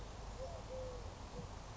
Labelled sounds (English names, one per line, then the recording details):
Eurasian Collared Dove
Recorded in Sonoma County, California